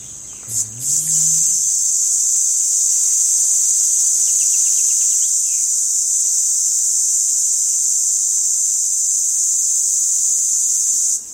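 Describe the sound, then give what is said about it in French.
A male red cicada (Tibicina haematodes) calls with a loud, continuous high-pitched buzz that holds steady for about ten seconds after a brief low sound at the start, then cuts off abruptly. “Là, typiquement, donc c'est un mâle qui appelle et il rentre en compétition pour l'accès aux femelles.”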